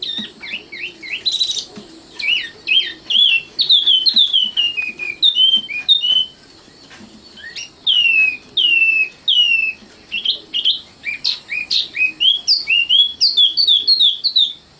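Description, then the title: Oriental magpie-robin song, a varied series of clear whistled notes, many falling or swooping, given in short bursts with brief gaps between them. Kacer song. "Kicau Kacer"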